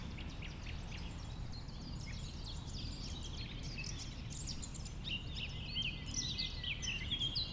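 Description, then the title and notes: Common nightingale singing varied fast phrases of clicks, chirps and whistled notes, busier toward the end, above a continuous low droning rumble. Nightingale, one of several settled on the banks of a stream forming a pond 1500 m from the A20 motorway; recorded around 8 am, Sunday 12 April. "Un Rossignol Envers Et Contre Tout. un rossignol venu avec quelques autres s'installer sur les rives d'un ruisseau formant un étang à 1500 mètres de l'A 20. Ces moments ont été enregistrés vers 8h le dimanche 12 avril"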